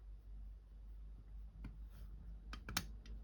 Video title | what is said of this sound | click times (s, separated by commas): Fanhome - Robocop: Building an Icon - Stage 20 | yeah you hear that click | 2.5 s, 2.7 s, 2.8 s